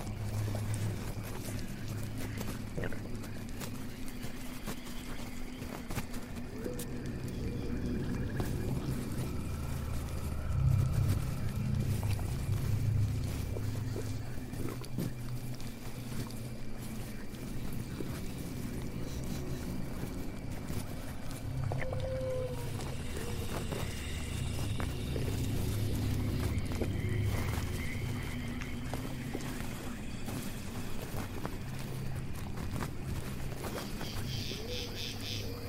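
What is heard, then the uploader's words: Witch's swamp house ambience: a dense, steady bed of low rumbling and bubbling murmur runs throughout, swelling slightly around 10 and 25 seconds. Scattered creaks and animal-like calls drift over it, with a brief squeak near 22 seconds and bright chirps at the end. Witch's swamp house ambience.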